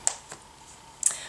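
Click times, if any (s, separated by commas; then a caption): 0.1 s, 1.1 s. A plastic snap fastener on the shawl cuff of a knitted wrap is pressed closed, giving a sharp click at 0.1 s, a faint softer tick at 0.3 s, and another sharp click at 1.1 s. The snap seats tightly and stays closed without popping off.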